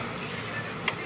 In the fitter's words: एक तरफ लॉक हो गया